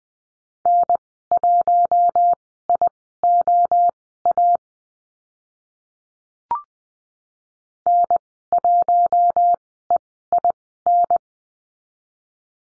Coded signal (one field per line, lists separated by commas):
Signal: Morse code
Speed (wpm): 19 wpm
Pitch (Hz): 700 Hz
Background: none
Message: N1IOA N1EIN